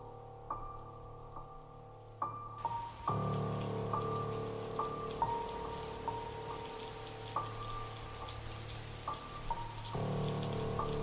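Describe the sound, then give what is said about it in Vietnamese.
Steady July rain shower pours down in a dense, hissing wash, with heavier bursts after the first few seconds, while a soft tonal hum and occasional faint chimes sit underneath. “Tháng 7 chào đón lũ trẻ con bằng những trận mưa rào bất tật, nhưng không ngăn được những tò mò nghịch ngợm quậy phá tưng bừng”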